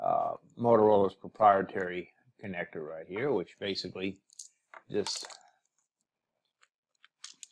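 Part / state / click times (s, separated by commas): programming cable connector into a handheld radio's accessory port / seated / 7.4 s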